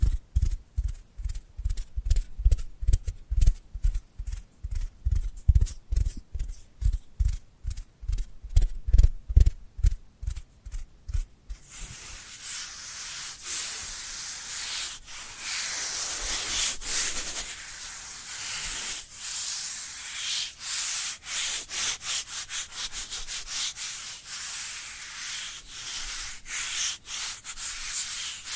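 Dry hands rub together in quick, regular strokes for the first twelve seconds, each pass a short scratchy swish with a soft low thump. After that the rubbing turns continuous and brighter, a dense, hissing friction with fast ripples that runs to the end.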